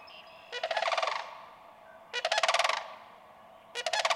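Sandhill crane uttering three rattling, trumpeting calls, each a rolling burst of rapid harsh pulses, spaced about one and a half seconds apart.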